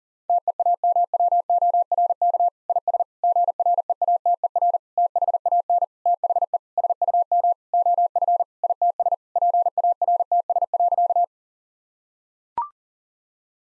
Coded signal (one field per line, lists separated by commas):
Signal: Morse code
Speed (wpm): 40 wpm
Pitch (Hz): 700 Hz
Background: none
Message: TEAMWORK IS GREATER THAN THE SUM OF ITS PARTS.